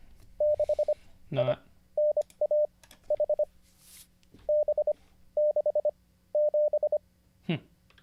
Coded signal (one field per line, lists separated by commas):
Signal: Morse code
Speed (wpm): 25 wpm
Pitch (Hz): 600 Hz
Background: speech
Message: 6INAH B67